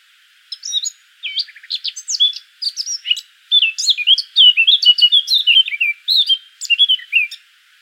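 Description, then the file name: Eurasian blackcap song, a lively warble of varied chirps and clear whistled notes in several short bursts, the fluty later section loudest. "Sylvia atricapilla"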